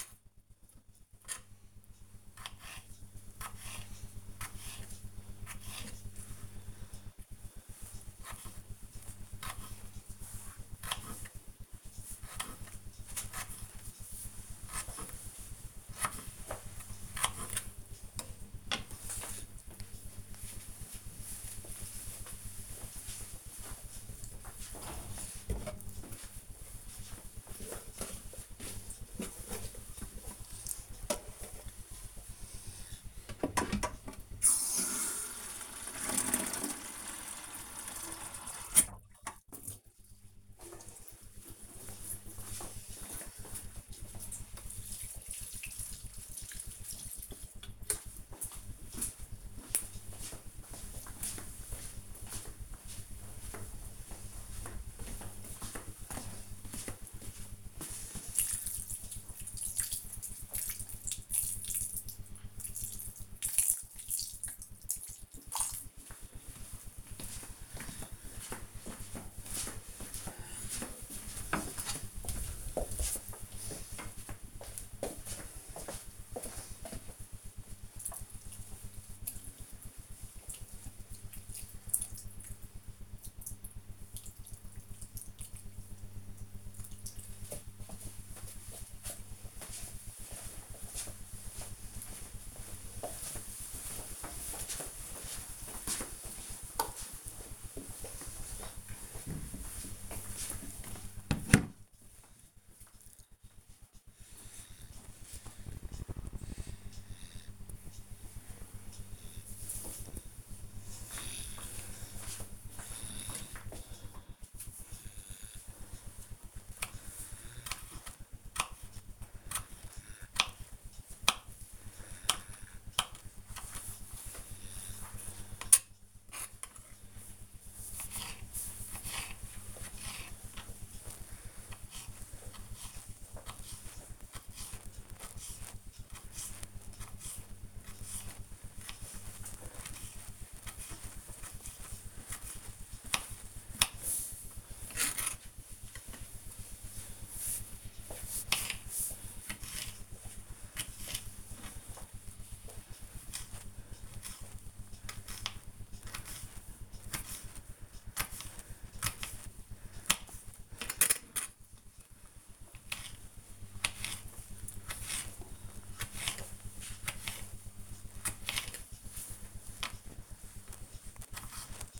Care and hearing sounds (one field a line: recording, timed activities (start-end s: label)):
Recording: household activities, microphone on the right wrist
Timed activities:
0.00-18.34 s: cutting vegetables
28.42-87.86 s: watering plant
112.98-172.00 s: cutting vegetables